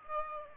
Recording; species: mosquito wingbeat signal from an infrared sensor; Aedes aegypti